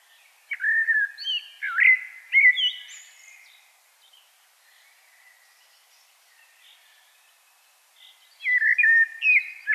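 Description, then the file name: Common blackbird delivering a warbling flute-like phrase with a higher twittered ending, then a quiet spell before another melodious phrase starts. "Turdus merula"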